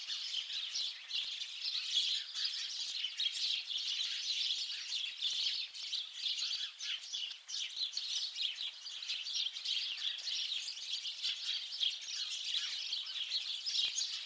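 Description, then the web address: Birds chirping in a crowded chorus of quick, high tweets that run on continuously, with many callers overlapping. "Deverinetal 2025. Bird Only"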